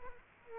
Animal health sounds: mosquito wingbeat signal from an infrared sensor; Culex quinquefasciatus

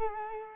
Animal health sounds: mosquito wingbeat signal from an infrared sensor; Culex quinquefasciatus

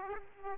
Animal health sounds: mosquito wingbeat signal from an infrared sensor; Aedes aegypti

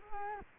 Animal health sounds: mosquito wingbeat signal from an infrared sensor; Culex quinquefasciatus

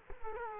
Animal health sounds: mosquito wingbeat signal from an infrared sensor; Culex quinquefasciatus

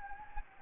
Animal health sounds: mosquito wingbeat signal from an infrared sensor; Anopheles gambiae

